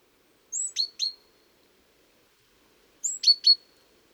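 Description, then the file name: Great tit calls in two bursts about two and a half seconds apart, each a high thin note then two or three sharp descending chips. "Parus major"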